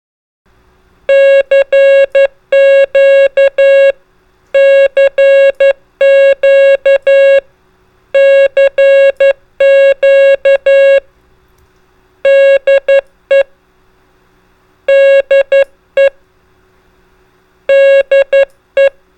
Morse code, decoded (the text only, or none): CQ CQ CQ DE DE DE